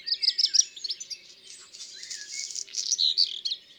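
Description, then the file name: Black redstart song opening with quick, high whistled notes, then a dry, scratchy rustling passage before a few more clear high notes. "Rougequeue noir ABC des chants doiseaux"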